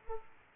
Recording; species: mosquito wingbeat signal from an infrared sensor; Aedes aegypti